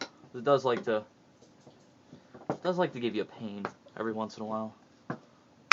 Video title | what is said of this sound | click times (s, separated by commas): How to fit ATI fiberforce stock to your marlin | yeah snaps right in there you hear that snap that is because of the lock tight or | 5.7 s